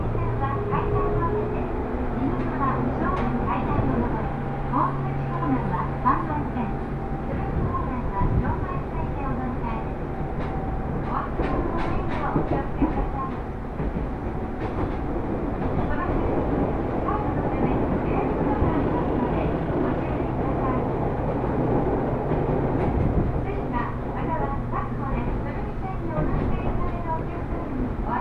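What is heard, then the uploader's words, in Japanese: A train ride on Japanese rail lines: a steady low rumble with a humming drone, occasional clacks and faint voices throughout. 耳で楽しむ鉄道旅 南武線・南武支線・鶴見線。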